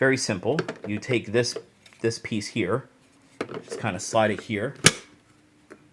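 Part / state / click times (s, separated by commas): plastic stand neck into monitor back mount / seated / 5.7 s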